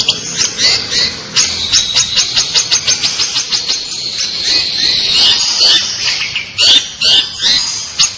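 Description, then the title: Long-tailed shrike song: a rapid string of dry, clicking notes, then a rushing high warble and a few louder harsh notes near the end. Described as gacor. "Cendet Gacor"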